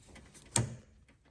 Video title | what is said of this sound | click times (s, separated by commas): How To - Replace Fuel Filter 2005-2011 Audi A4/A6 (C6) - DIY | you go as soon as you hear the click it's all good to go | 0.6 s